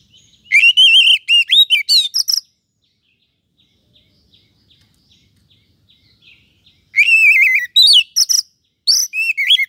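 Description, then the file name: Oriental magpie-robin giving a rich whistled phrase, a pause with soft faint chips, then two more bursts of varied looping whistles. "Suara-Kacer-Versi-1"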